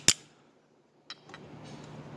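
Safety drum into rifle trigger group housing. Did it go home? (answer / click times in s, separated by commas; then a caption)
yes / 0.1 s. A safety drum is pressed in from the top of the safety and given a light tap to drive it home in the metal trigger group housing of an M10X rifle. One sharp, loud tap sounds at 0.1 s, followed by fainter knocks around 1.1 s and 1.3 s over a low steady hum. The drum sits flush, fully seated.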